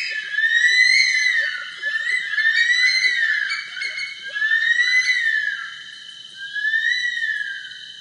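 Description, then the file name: Bush stone-curlew wailing: eerie, drawn-out whistles rising and falling, repeated in overlapping waves. "Bush Stone curlew Burhinus grallarius"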